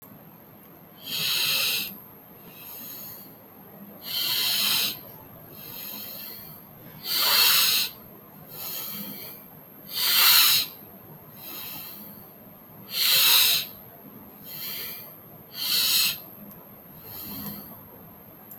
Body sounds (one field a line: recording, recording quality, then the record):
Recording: deep breathing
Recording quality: excellent, no background noise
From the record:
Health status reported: healthy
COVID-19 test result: not tested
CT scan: not taken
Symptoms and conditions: cough, fatigue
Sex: male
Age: 38 years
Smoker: yes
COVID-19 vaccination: both doses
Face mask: not worn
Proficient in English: yes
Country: India